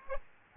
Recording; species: mosquito wingbeat signal from an infrared sensor; Aedes aegypti